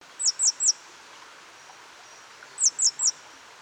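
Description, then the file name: Great tit giving two quick runs of three high, thin, downslurred notes, separated by a short pause, with a light hiss behind. "Parus major"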